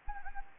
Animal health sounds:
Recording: mosquito wingbeat signal from an infrared sensor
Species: Anopheles gambiae

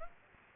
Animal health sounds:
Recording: mosquito wingbeat signal from an infrared sensor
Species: Aedes aegypti

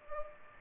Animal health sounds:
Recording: mosquito wingbeat signal from an infrared sensor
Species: Culex pipiens

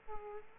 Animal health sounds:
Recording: mosquito wingbeat signal from an infrared sensor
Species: Aedes aegypti

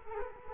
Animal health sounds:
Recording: mosquito wingbeat signal from an infrared sensor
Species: Culex quinquefasciatus

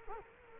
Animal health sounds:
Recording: mosquito wingbeat signal from an infrared sensor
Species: Culex quinquefasciatus

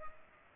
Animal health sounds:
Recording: mosquito wingbeat signal from an infrared sensor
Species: Culex pipiens

